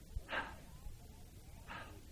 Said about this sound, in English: If all of you breathed in, just do it. Do it now. Open your mouth and breathe in and exhale. Inhale, everybody. Exhale. Again. Once more.